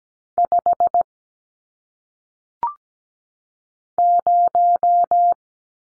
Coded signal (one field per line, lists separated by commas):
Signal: Morse code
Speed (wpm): 17 wpm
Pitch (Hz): 700 Hz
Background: none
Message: 5 0